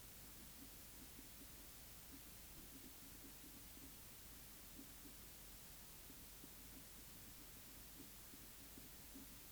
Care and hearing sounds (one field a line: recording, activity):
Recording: daily activity, guitar pickup as the sensor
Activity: write